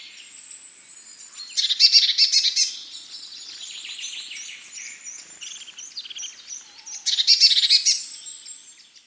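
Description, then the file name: Eurasian blue tit churring: two dense rattling bursts of about a second, roughly five seconds apart, with a soft backdrop of high twittering and whistles. "Cyanistes caeruleus"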